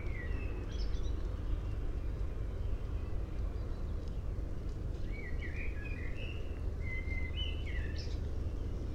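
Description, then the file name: Common blackbird song, a brief fluting phrase at the start and another warbled phrase later on, with a steady low rumble throughout. "Turdus merula"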